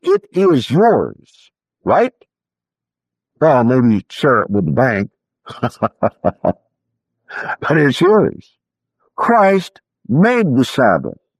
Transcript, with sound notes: It is yours. Right? Well, maybe share it with the bank. [Laughs] But it’s yours. Christ made the Sabbath.